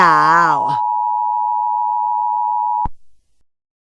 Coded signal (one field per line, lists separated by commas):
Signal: Emergency Alert System (SAME) tones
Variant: 853 and 960 Hz attention tone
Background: speech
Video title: EAS Scenario: The Wrath of Chaos 2 - The Angers of Water